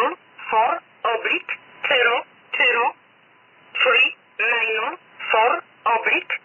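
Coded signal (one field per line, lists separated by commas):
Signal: numbers station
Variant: E11 'Oblique'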